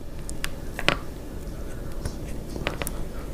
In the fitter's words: And just press down until you hear a snap.